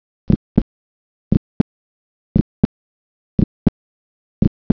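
Adult heart sounds heard through a stethoscope, with a split first heart sound.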